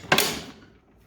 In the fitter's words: handle here where you just latch that straight back in